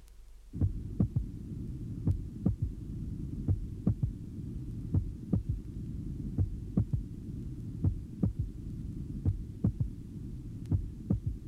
A more narrowly split first heart sound is now illustrated. The recording is that of a 22-year-old man taken at the apex during expiration. A loud physiological third heart sound is audible after the second sound.